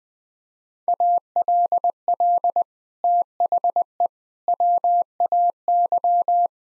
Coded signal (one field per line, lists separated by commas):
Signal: Morse code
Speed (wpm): 21 wpm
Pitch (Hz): 700 Hz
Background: none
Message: ALL THE WAY